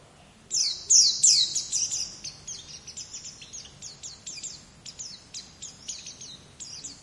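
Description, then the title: White-eye song: a long, fast stream of high, thin chirping notes that starts loud and fades slightly, over a soft low hum. "Pleci"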